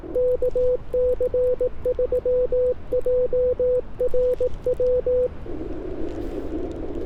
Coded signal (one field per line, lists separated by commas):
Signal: Morse code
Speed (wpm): 18 wpm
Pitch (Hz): 500 Hz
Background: none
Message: KC3JRW